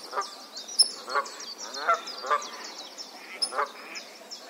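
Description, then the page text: Canada goose honks, a few spaced nasal calls, with busy high chirping of small birds throughout. "Herman van der Meer - Канадская казарка (Branta canadensis)"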